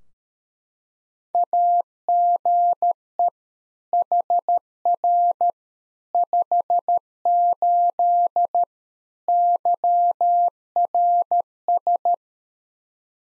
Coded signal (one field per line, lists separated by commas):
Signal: Morse code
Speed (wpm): 13 wpm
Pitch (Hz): 700 Hz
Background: none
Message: AGE HR 58 YRS